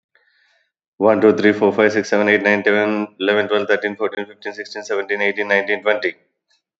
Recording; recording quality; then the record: counting at a fast pace; excellent, no background noise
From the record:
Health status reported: exposed to COVID-19, no respiratory illness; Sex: male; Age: 48 years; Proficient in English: yes